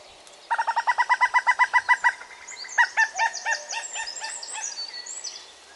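A female common cuckoo gives her bubbling call: a fast run of about a dozen liquid, chuckling notes, followed by a looser, softer series that trails off. No one speaks.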